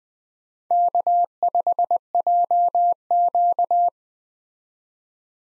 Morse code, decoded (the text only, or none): K5JQ